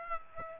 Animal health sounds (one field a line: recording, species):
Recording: mosquito wingbeat signal from an infrared sensor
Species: Aedes aegypti